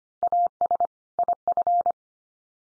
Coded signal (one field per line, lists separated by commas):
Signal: Morse code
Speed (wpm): 25 wpm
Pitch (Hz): 700 Hz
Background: none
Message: AS IF